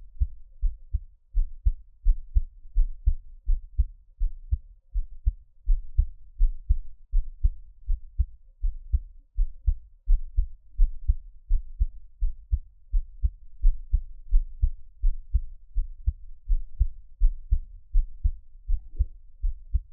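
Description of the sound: Steady, regular low heart thumps at about 83 beats a minute, an adult heartbeat heard up close, with no talking.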